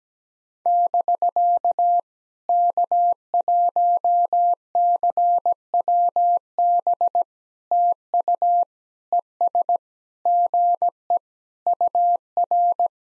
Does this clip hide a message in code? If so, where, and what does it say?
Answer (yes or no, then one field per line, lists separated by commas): yes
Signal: Morse code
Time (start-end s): 0.7-12.9 s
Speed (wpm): 17 wpm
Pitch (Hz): 700 Hz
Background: none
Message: <BK> K1CWB TU ES GE UR